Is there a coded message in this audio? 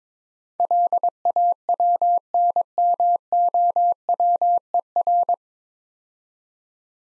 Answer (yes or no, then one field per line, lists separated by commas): yes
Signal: Morse code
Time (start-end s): 0.6-5.3 s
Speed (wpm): 26 wpm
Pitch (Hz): 700 Hz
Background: none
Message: LAWNMOWER